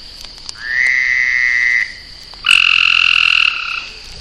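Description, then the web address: Frog trills, a lower rising trill lasting about a second followed by a louder higher trill, with a steady high drone behind. Frogs in a northeast pond on a farm, recorded 30 June 2008. "ecolandtech venaurafarm frogs-in-ponds northeast-pond-6-30-2008"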